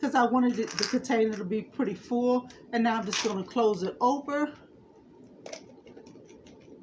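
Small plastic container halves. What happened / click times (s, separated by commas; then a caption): Plastic halves handled, not yet snapped shut / none. Someone talks while handling a clear plastic fillable ornament filled with acrylic rocks, about to close its two halves by twisting them until they snap in place. After the talking stops, a few faint plastic taps and rustles are heard around 5.5 s and later. Nothing has seated or clicked yet.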